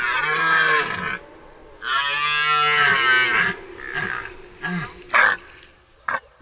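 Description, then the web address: Red deer producing loud bellowing roars, then several shorter grunting calls. Deer in primeval forest. "Tajemnice puszczy Jelen"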